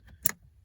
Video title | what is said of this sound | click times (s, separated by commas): BISSELL Little Green Portable Spot and Stain Cleaner, 1400M | down and snaps in place and just holds it. | 0.3 s